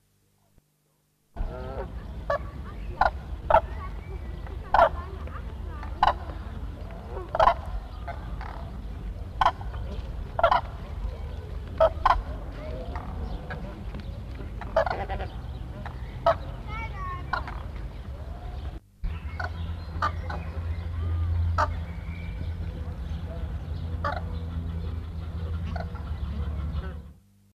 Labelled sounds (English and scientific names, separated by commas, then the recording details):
Common Crane (Grus grus) call
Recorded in captivity
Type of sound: call
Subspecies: lilfordi
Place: Zoo Dortmund, DE
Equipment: Halbspur, 9,5 cm/s
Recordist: Lütgens, Hans
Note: Rufe, Tierpark Dortmund